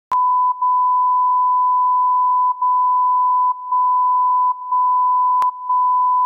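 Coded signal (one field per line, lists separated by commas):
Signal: radio time signal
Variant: DCF77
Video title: DCF77 Time Signal, Mainflingen Germany - 77,5 kHz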